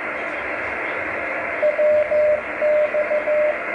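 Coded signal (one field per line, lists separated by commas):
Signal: Morse code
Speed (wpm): 15 wpm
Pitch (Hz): 600 Hz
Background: radio noise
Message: WX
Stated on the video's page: CW DX contacts from the USA to Europe with an Icom 703 at 10 watts and a loop antenna 8 m above ground.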